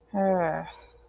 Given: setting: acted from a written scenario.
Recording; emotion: vocal sound without words; shame